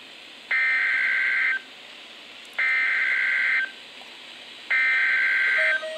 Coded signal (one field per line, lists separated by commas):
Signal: Emergency Alert System (SAME) tones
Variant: header bursts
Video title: Flash Flood Warning (EAS #928-929)